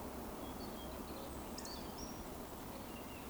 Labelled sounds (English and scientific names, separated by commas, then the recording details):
Eurasian Woodcock (Scolopax rusticola)
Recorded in Baden-Württemberg, Germany, on 16 June 2020 at 19:39 UTC
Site 14569, 102 m above sea level